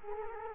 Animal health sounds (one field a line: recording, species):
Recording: mosquito wingbeat signal from an infrared sensor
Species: Culex quinquefasciatus